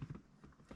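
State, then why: Not seated. Plastic retaining clips are handled and pressed toward the new gear shifter assembly during a shifter replacement on a Porsche 911 996. Brief low knocks and light tapping handling sounds are heard. Nothing has seated or clicked yet.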